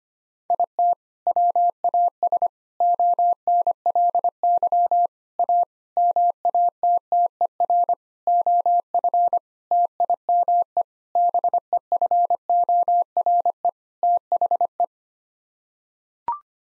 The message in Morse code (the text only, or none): IT WAS ONLY A MATTER OF TIME BEFORE THE